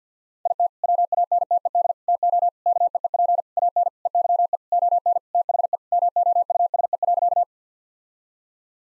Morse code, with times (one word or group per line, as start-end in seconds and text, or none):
0.5-0.7 IT
0.8-1.9 WANTED
2.1-2.5 TO
2.7-3.4 KEEP
3.6-3.9 AN
4.1-4.6 EYE
4.7-5.2 ON
5.3-5.8 THE
5.9-7.4 MOUSE.